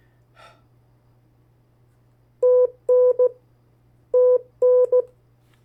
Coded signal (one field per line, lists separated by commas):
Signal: Morse code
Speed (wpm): 16 wpm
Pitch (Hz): 500 Hz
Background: none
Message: TN TN